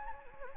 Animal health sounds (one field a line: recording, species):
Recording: mosquito wingbeat signal from an infrared sensor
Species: Anopheles gambiae